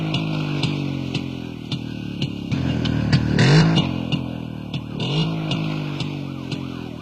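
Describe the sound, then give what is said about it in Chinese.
A police siren wails in rising and falling sweeps over a steady engine rumble, growing louder toward the middle, with faint regular clicks throughout and no voices. “二老板，有警车。”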